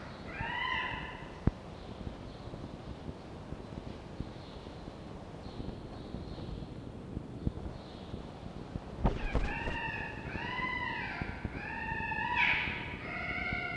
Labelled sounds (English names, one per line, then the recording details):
Red Fox
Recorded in captivity
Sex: male
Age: juvenile
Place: Zoologisches Institut der HUB, Berlin, DE
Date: 1952-05-28 18:00
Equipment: Elmetra
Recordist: Tembrock, Günter